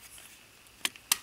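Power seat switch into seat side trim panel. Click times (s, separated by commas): 0.9 s, 1.1 s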